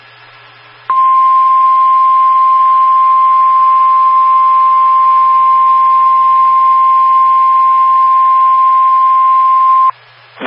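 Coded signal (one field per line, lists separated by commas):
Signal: Emergency Alert System (SAME) tones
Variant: 1050 Hz attention tone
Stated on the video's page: Valid EAS tones for a severe thunderstorm watch covering portions of Michigan.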